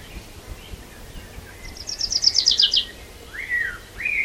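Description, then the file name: Common chaffinch song, a brief downward trill, followed by two slurred whistled notes over faint background noise. "Fringilla coelebs"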